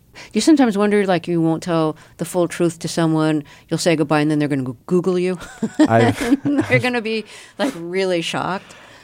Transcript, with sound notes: Do you sometimes wonder, like, you won't tell the full truth to someone, you say goodbye and then they're going to go Google you? (Laughter) They're going to be like really shocked?